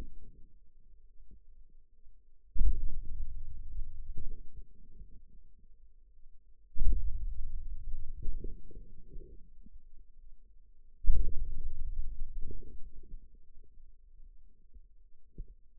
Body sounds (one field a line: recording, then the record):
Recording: forearm muscle sounds (acoustic myography)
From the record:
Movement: hand opening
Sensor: system 2, bracelet of six BSWA MPA416 microphones around the upper forearm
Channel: 5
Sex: male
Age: 22 years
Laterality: right